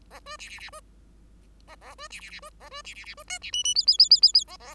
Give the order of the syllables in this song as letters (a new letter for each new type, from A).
A B C C C B A A B C C C B A B C C C B D C E E F F F F F F A A